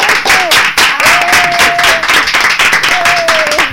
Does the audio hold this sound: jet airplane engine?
no